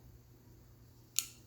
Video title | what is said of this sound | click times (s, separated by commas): OTHER way to Fix "Joystick" Valve when valve cap (on bottom) can't be removed | a good demonstration and turn it right until it locks into place | 1.2 s